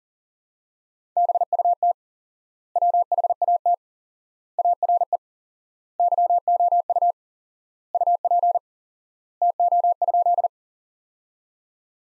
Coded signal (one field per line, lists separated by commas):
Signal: Morse code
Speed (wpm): 40 wpm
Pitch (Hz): 700 Hz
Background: none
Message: BUT WHAT ARE YOU UP TO?